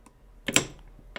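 On an open cutaway manual transmission model, the sliding first/second clutch sleeve is pulled up by hand so it engages second gear, with a faint tick near the start and a first knock at 0.5 s. The loud, sharp hit of the sleeve engaging and locking onto second gear comes at 0.6 s, followed by a smaller click at 1.2 s.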